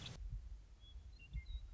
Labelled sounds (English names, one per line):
Western Meadowlark